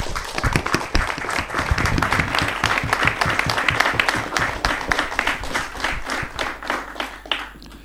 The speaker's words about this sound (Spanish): participar de esta conferencia de prensa junto a Adolfo Pérez Esquivel, Premio Nobel de la Paz, y junto a Norita Cortiña, madre de Plaza de Mayo, línea fundadora. Antes que nada, pido para ellos un aplauso, ¿puede ser?